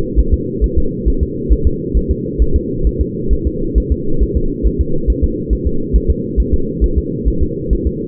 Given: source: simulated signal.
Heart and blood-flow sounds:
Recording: fetal heart sounds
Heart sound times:
0.19 s: S1
0.34 s: S2
0.64 s: S1
0.78 s: S2
1.08 s: S1
1.23 s: S2
1.52 s: S1
1.67 s: S2
1.97 s: S1
2.11 s: S2
2.42 s: S1
2.56 s: S2
2.87 s: S1
3.01 s: S2
3.33 s: S1
3.47 s: S2
3.78 s: S1
3.92 s: S2
4.23 s: S1
4.37 s: S2
4.66 s: S1
4.81 s: S2
5.10 s: S1
5.24 s: S2
5.53 s: S1
5.67 s: S2
5.96 s: S1
6.10 s: S2
6.40 s: S1
6.54 s: S2
6.84 s: S1
6.98 s: S2
7.28 s: S1
7.43 s: S2
7.73 s: S1
7.87 s: S2
From the record:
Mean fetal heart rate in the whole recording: 135 bpm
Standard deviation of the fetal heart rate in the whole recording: 3 bpm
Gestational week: 34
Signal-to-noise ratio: -8.1 dB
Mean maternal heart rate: 72 bpm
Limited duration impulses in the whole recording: absent

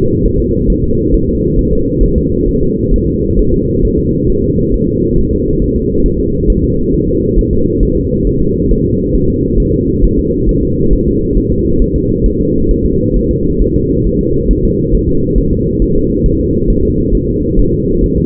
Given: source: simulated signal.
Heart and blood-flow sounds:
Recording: fetal heart sounds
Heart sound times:
0.26 s: S1
0.40 s: S2
0.70 s: S1
0.84 s: S2
1.14 s: S1
1.29 s: S2
1.59 s: S1
1.73 s: S2
2.03 s: S1
2.18 s: S2
2.48 s: S1
2.63 s: S2
2.94 s: S1
3.08 s: S2
3.39 s: S1
3.54 s: S2
3.85 s: S1
3.99 s: S2
4.30 s: S1
4.44 s: S2
4.74 s: S1
4.88 s: S2
5.18 s: S1
5.33 s: S2
5.62 s: S1
5.76 s: S2
6.06 s: S1
6.20 s: S2
6.50 s: S1
6.64 s: S2
6.94 s: S1
7.09 s: S2
7.39 s: S1
7.53 s: S2
7.83 s: S1
7.97 s: S2
8.27 s: S1
8.41 s: S2
8.71 s: S1
8.86 s: S2
9.16 s: S1
9.30 s: S2
9.60 s: S1
9.74 s: S2
10.04 s: S1
10.19 s: S2
10.49 s: S1
10.63 s: S2
10.93 s: S1
11.08 s: S2
11.37 s: S1
11.52 s: S2
11.82 s: S1
11.96 s: S2
12.26 s: S1
12.41 s: S2
12.71 s: S1
12.86 s: S2
13.16 s: S1
13.31 s: S2
13.62 s: S1
13.76 s: S2
14.06 s: S1
14.21 s: S2
14.51 s: S1
14.65 s: S2
14.95 s: S1
15.09 s: S2
15.38 s: S1
15.53 s: S2
15.82 s: S1
15.96 s: S2
16.26 s: S1
16.40 s: S2
16.70 s: S1
16.85 s: S2
17.15 s: S1
17.29 s: S2
17.59 s: S1
17.74 s: S2
18.04 s: S1
18.18 s: S2
From the record:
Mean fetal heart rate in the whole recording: 135 bpm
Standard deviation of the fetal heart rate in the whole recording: 3 bpm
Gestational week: 36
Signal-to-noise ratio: -15.3 dB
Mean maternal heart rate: 72 bpm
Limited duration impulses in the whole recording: present

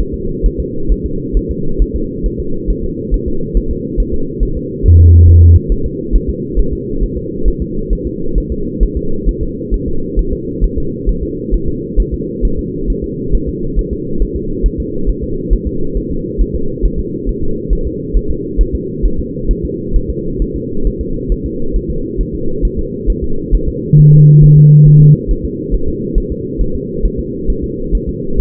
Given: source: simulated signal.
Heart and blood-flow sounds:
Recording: fetal heart sounds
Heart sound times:
0.00 s: S1
0.14 s: S2
0.46 s: S1
0.60 s: S2
0.92 s: S1
1.06 s: S2
1.37 s: S1
1.51 s: S2
1.82 s: S1
1.96 s: S2
2.26 s: S1
2.40 s: S2
2.70 s: S1
2.84 s: S2
3.14 s: S1
3.28 s: S2
3.57 s: S1
3.71 s: S2
4.00 s: S1
4.14 s: S2
4.43 s: S1
4.57 s: S2
4.86 s: S1
5.00 s: S2
5.29 s: S1
5.43 s: S2
5.72 s: S1
5.86 s: S2
6.16 s: S1
6.29 s: S2
6.59 s: S1
6.73 s: S2
7.03 s: S1
7.17 s: S2
7.48 s: S1
7.62 s: S2
7.93 s: S1
8.07 s: S2
8.38 s: S1
8.52 s: S2
8.83 s: S1
8.97 s: S2
9.29 s: S1
9.43 s: S2
9.74 s: S1
9.88 s: S2
10.19 s: S1
10.33 s: S2
10.64 s: S1
10.78 s: S2
11.09 s: S1
11.23 s: S2
11.54 s: S1
11.68 s: S2
12.00 s: S1
12.14 s: S2
12.45 s: S1
12.59 s: S2
12.90 s: S1
13.04 s: S2
13.35 s: S1
13.49 s: S2
13.79 s: S1
13.93 s: S2
14.22 s: S1
14.36 s: S2
14.66 s: S1
14.80 s: S2
15.09 s: S1
15.23 s: S2
15.53 s: S1
15.67 s: S2
15.97 s: S1
16.11 s: S2
16.41 s: S1
16.56 s: S2
16.85 s: S1
16.99 s: S2
17.29 s: S1
17.43 s: S2
17.73 s: S1
17.87 s: S2
18.16 s: S1
18.31 s: S2
18.61 s: S1
18.75 s: S2
19.06 s: S1
19.19 s: S2
19.51 s: S1
19.65 s: S2
19.96 s: S1
20.10 s: S2
20.42 s: S1
20.56 s: S2
20.87 s: S1
21.01 s: S2
21.32 s: S1
21.46 s: S2
21.76 s: S1
21.90 s: S2
22.21 s: S1
22.35 s: S2
22.65 s: S1
22.79 s: S2
23.10 s: S1
23.24 s: S2
23.54 s: S1
23.69 s: S2
23.99 s: S1
24.13 s: S2
24.44 s: S1
24.58 s: S2
24.88 s: S1
25.02 s: S2
25.31 s: S1
25.45 s: S2
25.74 s: S1
25.88 s: S2
26.18 s: S1
26.32 s: S2
26.61 s: S1
26.75 s: S2
27.06 s: S1
27.19 s: S2
27.50 s: S1
27.64 s: S2
27.95 s: S1
28.09 s: S2
28.40 s: S1
From the record:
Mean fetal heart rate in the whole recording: 135 bpm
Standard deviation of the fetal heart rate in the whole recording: 3 bpm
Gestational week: 36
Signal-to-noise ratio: -8.1 dB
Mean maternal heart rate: 72 bpm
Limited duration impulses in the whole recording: present

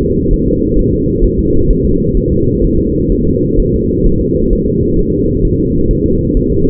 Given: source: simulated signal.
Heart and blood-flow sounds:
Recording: fetal heart sounds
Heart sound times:
0.03 s: S2
0.33 s: S1
0.48 s: S2
0.79 s: S1
0.94 s: S2
1.25 s: S1
1.39 s: S2
1.71 s: S1
1.85 s: S2
2.17 s: S1
2.32 s: S2
2.64 s: S1
2.79 s: S2
3.12 s: S1
3.27 s: S2
3.59 s: S1
3.74 s: S2
4.07 s: S1
4.21 s: S2
4.53 s: S1
4.68 s: S2
4.99 s: S1
5.14 s: S2
5.45 s: S1
5.60 s: S2
5.91 s: S1
6.06 s: S2
6.37 s: S1
6.52 s: S2
From the record:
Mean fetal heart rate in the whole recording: 130 bpm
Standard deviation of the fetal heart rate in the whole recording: 4 bpm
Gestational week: 38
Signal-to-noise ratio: -15.3 dB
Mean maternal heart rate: 72 bpm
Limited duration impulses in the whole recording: present

